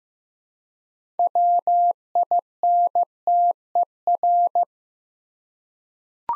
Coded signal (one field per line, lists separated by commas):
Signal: Morse code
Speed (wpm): 15 wpm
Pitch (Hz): 700 Hz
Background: none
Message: WINTER